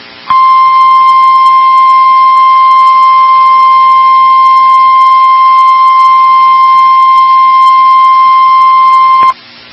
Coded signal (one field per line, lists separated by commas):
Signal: Emergency Alert System (SAME) tones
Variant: 1050 Hz attention tone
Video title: EAS Timeline of the EF5 Tornado in Enderlin, North Dakota from 06/20/2025 (EAS Alerts 255-262)